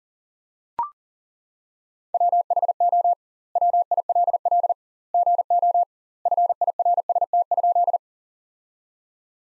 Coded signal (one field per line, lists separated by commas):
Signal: Morse code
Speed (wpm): 40 wpm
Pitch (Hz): 700 Hz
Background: none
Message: WHO WILL GO FIRST?